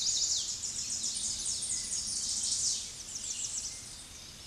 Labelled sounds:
Tennessee Warbler (Leiothlypis peregrina) song
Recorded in a Pennsylvania forest on 16 May 2024 at 08:16
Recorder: AudioMoth, point MSD-1405
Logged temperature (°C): 15.6 °C
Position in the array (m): 186 m, 196 m

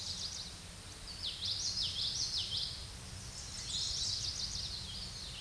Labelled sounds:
Common Yellowthroat (Geothlypis trichas) song
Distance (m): 30 m
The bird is about 5 m above the microphone
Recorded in a Pennsylvania forest on 16 May 2024 at 07:46
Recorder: AudioMoth, point MSD-2320
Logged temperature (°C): 12.8 °C
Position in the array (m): 235 m, 174 m

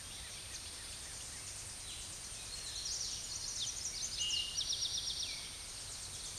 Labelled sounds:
Eastern Towhee (Pipilo erythrophthalmus) song
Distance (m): 30 m
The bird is about 5 m above the microphone
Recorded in a Pennsylvania forest on 16 May 2024 at 08:02
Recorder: AudioMoth, point MSD-2494
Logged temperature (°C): 15.6 °C
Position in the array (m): 183 m, 197 m

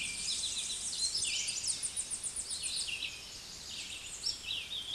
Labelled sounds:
Tennessee Warbler (Leiothlypis peregrina) song
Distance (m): 25 m
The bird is about level with the microphone
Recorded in a Pennsylvania forest on 16 May 2024 at 09:40
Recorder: AudioMoth, point MSD-2478
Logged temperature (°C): 15.6 °C
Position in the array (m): 29 m, 189 m

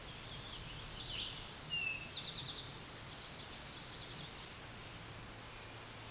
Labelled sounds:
Eastern Towhee (Pipilo erythrophthalmus) song
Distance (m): 5 m
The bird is about level with the microphone
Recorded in a Pennsylvania forest on 16 May 2024 at 09:51
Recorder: AudioMoth, point MSD-1368
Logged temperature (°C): 12.5 °C
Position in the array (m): 3 m, 44 m

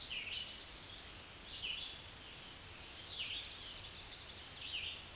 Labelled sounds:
Red-eyed Vireo (Vireo olivaceus) song
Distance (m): 15 m
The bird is about 10 m above the microphone
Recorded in a Pennsylvania forest on 16 May 2024 at 06:35
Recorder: AudioMoth, point MSD-0079
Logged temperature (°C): 16.1 °C
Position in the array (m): 157 m, 68 m

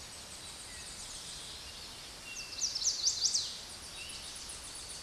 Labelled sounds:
Chestnut-sided Warbler (Setophaga pensylvanica) song
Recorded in a Pennsylvania forest on 16 May 2024 at 06:06
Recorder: AudioMoth, point MSD-1849
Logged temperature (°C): 12.1 °C
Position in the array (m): 41 m, 30 m

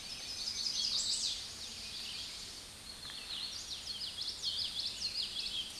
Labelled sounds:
Common Yellowthroat (Geothlypis trichas) song
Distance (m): 25 m
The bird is about 5 m above the microphone
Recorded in a Pennsylvania forest on 16 May 2024 at 09:36
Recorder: AudioMoth, point MSD-2417
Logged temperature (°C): 16.4 °C
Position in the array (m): 90 m, 93 m

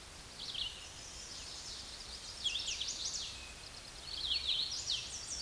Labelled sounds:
Red-eyed Vireo (Vireo olivaceus) song
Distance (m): 20 m
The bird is about 10 m above the microphone
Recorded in a Pennsylvania forest on 16 May 2024 at 08:23
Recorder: AudioMoth, point MSD-2258
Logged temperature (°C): 15.2 °C
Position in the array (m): 171 m, 71 m

